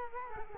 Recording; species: mosquito wingbeat signal from an infrared sensor; Culex quinquefasciatus